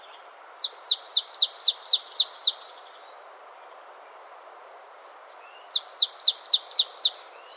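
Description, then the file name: Marsh tit, two brisk strings of clear descending notes, the first about eight notes long, the second shorter, separated by a few seconds of quiet hiss. "Poecile palustris"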